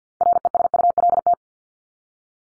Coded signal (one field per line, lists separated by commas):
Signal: Morse code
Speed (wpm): 48 wpm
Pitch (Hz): 700 Hz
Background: none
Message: RESULT